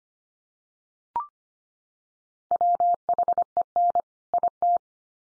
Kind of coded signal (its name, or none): Morse code